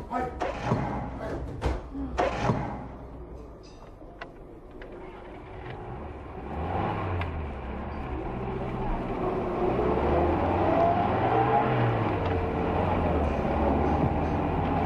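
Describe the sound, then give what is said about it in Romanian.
An old, worn-out car pulls away after a few sharp clunks, driving off to the airport, its rough engine rumbling louder and rising in pitch as it goes, with a steady rattling roar that keeps building to the end. “Sper că rabla aia să-i țină până la aeroport.”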